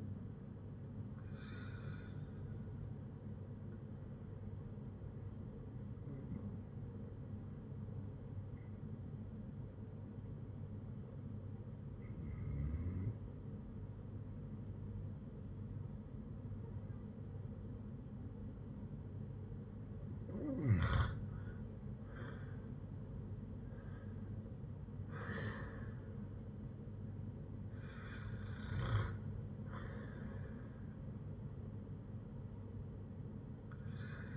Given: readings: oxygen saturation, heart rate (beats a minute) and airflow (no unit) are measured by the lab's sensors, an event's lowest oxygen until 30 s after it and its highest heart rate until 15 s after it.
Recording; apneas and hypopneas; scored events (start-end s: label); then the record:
breathing in sleep by a smartphone at the bedside; 1
3.00-25.50 s: hypopnea (REM, oxygen 95% highest, then 88% lowest, heart rate 64 at the start, 81 highest)
From the record:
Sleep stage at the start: REM sleep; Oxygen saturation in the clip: 88 to 95%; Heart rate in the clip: 57 to 81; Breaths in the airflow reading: 8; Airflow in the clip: -6.8 to 5.5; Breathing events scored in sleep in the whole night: 182 in 7.4 hours asleep